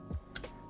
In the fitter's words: push it all the way until it clicks like that